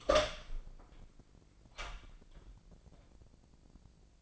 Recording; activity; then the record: daily activity, microphone in the room; open door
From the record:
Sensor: 5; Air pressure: 1009.1 hPa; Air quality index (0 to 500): 171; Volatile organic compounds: 2 ppm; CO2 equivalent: 1302 ppm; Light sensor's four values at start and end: 203/484/205/223 and 202/481/204/222